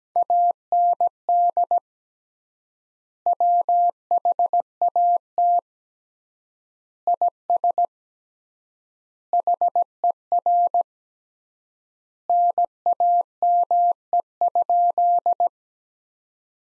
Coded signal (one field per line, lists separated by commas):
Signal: Morse code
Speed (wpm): 17 wpm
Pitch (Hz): 700 Hz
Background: none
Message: AND WHAT IS HER NAME?